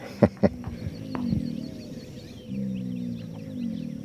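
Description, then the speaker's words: American alligator roar, a low rumbling bellow with layered tones that swells and holds for several seconds, after two sharp knocks, with thin high bird calls above. Alligator roaring just after sunrise in a marsh at the Nemours Wildlife Foundation, South Carolina low country, near the coast. "that's a gator roaring over there."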